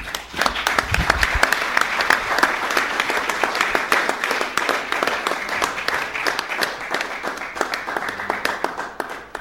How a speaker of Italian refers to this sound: Grazie, il mio grazie e il grazie di tutti, già anticipato da questo applauso che ci fa sentire che siamo insieme, che siamo con lei, qui e ora